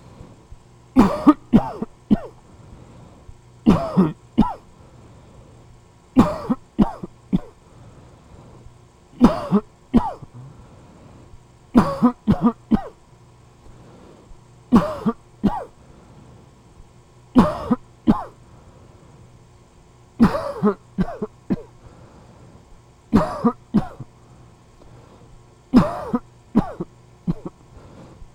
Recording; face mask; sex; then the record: voluntary coughing; surgical mask; male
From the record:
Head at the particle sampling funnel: facing it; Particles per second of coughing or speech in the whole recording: 0.729